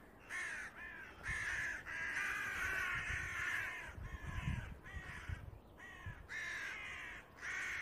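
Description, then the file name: Carrion crow calling in a long series of harsh, rasping caws, some drawn out and others short, with soft low rumbles underneath. "Corvus corone"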